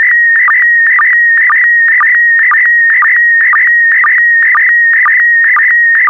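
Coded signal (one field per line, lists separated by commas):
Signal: SSTV (slow-scan television)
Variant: PD120 mode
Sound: steady high warbling tone with a short low chirp about twice a second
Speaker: transmission complete you can now check your decoded image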